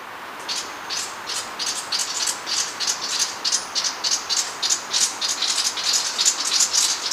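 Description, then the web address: Sepia-brown wren chatter: dense, buzzy rasping notes that build into a steady rattling run and grow louder toward the end. Recorded in Ecuador. "Natures Songs S America Birds of Ecuador Sepia-brown Wren"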